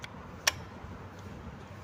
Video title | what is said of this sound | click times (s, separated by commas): Tvs Ntorq engine timing | games games bracket உட்கார்ந்துருச்சு பின் lock ஆயிடுச்சு | 0.5 s